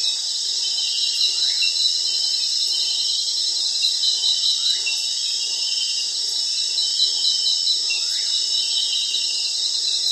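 Steady high cricket chorus of overlapping trills, joined about every three seconds by a short rising chirp from another caller.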